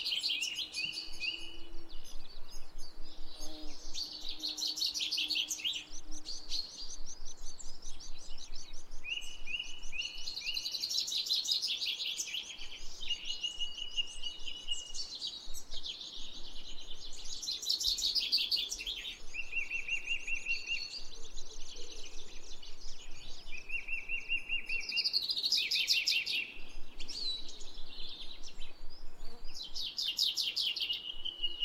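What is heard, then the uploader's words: Birds sing steadily throughout, several overlapping voices with bright, high chirps, trills and whistled notes that come in dense bursts every few seconds. A faint low rumble sits underneath. Nature Bird Sounds.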